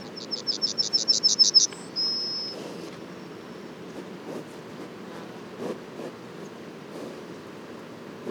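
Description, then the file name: Yellowhammer song: a quick series of high chips followed by a drawn-out final note, then several seconds of quiet background with soft low clicks. Les Alisiers, 21 July 2020; several yellowhammers. "200721-11-bruants-jaunes-Les-Alisiers"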